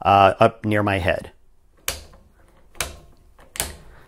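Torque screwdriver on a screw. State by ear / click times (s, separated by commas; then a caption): torque reached / 1.9 s. Someone talks, then a gun torque screwdriver being turned on a screw gives a sharp click at 1.9 s as it reaches its set torque, followed by two more similar clicks near 2.8 s and 3.6 s. The click is crisp and positive with a firm spin, so the screw is not easily over-torqued.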